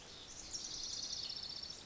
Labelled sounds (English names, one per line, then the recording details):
Lazuli Bunting
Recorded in Sonoma County, California